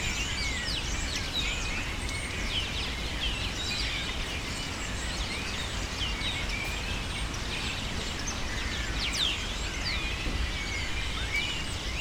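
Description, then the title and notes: Bird: continuous chorus of many birds giving sharp, high, scratchy calls that overlap constantly, with a steady low background hum throughout. Birds taking refuge in cypresses in the recordist's city, screaming without stopping, especially in the afternoon. "Pájaros En La Fábrica. Muchos de los cipreses de mi ciudad se han convertido en el refugio de pájaros que, sobretodo por la tarde, gritan sin parar"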